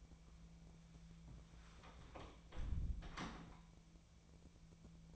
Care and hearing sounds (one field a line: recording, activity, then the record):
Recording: daily activity, microphone in the room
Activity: close door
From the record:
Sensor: 1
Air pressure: 1000.5 hPa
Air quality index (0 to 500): 183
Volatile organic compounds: 4 ppm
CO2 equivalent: 1692 ppm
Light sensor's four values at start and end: 14/33/14/16 and 13/32/13/15